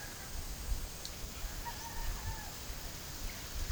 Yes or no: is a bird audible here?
no